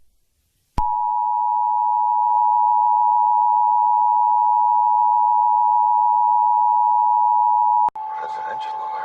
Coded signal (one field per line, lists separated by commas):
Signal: Emergency Alert System (SAME) tones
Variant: 853 and 960 Hz attention tone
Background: speech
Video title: North American EAS Alarm